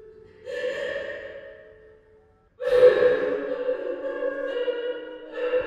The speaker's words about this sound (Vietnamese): Quỷ âm như tiếng khóc lóc thở than kia lại xuất hiện